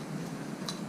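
A bail-out 4-point harness hook on a Honda Pioneer 500 is released from its ball-bearing buckle receiver with a quick pull. A single short, sharp click sounds at 0.7 s over steady low background noise, and the hook comes free.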